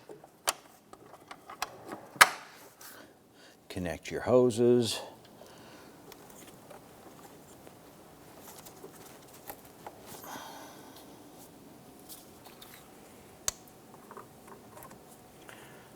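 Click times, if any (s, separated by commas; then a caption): none. A hose quick connector is handled at its fitting on the engine intake of a 2005-2007 Ford Five Hundred during engine mount bushing replacement, with scattered sharp taps and clicks. Someone talks briefly. The connector has not snapped into place yet; nothing has seated by the end of the clip.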